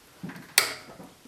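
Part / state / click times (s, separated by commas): click-type torque wrench on front axle nut / torque reached / 0.6 s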